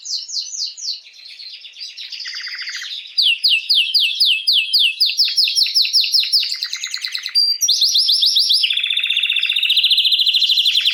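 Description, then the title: Canary singing steadily: quick descending chirps repeated in series, then long bright trills toward the close. Male Belgian canary named Raiden, singing a lot; used to warm up and train young canaries. "Esquente Seu Filhote E Canario Belga Em 30 Minutos Macho Cantando Muito. Canrio Belga RAIDEN Cantando Muito - Esquente seu Canrio Belga"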